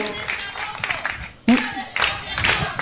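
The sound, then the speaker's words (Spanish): A crowd applauds with dense, steady clapping that briefly dips, then surges back loudly and keeps going, with murmuring voices mixed into the noise. “Bueno, tampoco era para que me aplaudieran.”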